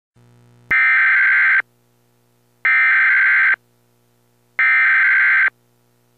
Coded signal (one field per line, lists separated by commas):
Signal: Emergency Alert System (SAME) tones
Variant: header bursts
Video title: EAS Tornado Warning (MOCK)